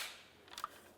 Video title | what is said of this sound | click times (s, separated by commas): How to Replace Window Switch Bezel 2000-2006 Chevrolet Tahoe | listen for several clicks all the way around and give it a tug to make sure it's secure | 0.5 s, 0.6 s